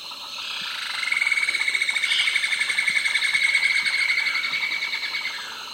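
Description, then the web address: Cinnamon-throated woodcreeper song, a quick rattled run of notes sustained for over four seconds. Recorded in the eastern lowlands of South America. "Natures Songs S America Eastern Lowlands. Cinnamon-throated Woodcreeper"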